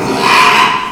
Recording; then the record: squeal of a Yucatan mini pig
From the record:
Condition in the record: after surgery on the right vocal fold (resection and tissue-engineered implant); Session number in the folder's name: 1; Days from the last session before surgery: 6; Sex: male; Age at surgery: 12 weeks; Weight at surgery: 13 kg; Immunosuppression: cyclosporine, prednisolone